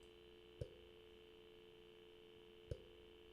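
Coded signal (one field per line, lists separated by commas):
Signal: telephone call progress tone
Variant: North America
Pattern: dial tone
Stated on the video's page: Dial-up connection via US Robotics 56K modem over POTS landline and VoIP phoneline.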